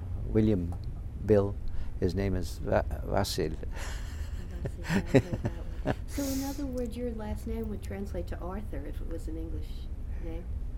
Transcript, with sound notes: William, Bill, his name is Vasil. ( he laughs )
So, in other words, your last name would translate to Arthur if it was an English name?